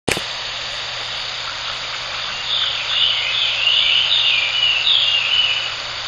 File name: ガビチョウ 遠藤